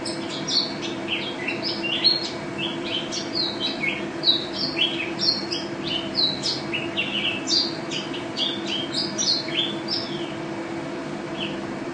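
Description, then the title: White-eye chattering song, a busy stream of short high chirps and whistles rising and falling, with a constant low hum underneath. Indonesian contest bird, national champion, singing constantly (gacor); song styles 'teler' and 'ropel' with canary-imitation fills (isian kenari); 2015 video. "Pleci Juara 1 Nasional pleci Gacor juara nasional teler gacor ropel pleci isian kenari Video 2015"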